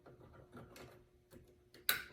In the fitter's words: to the printer and it snapped back in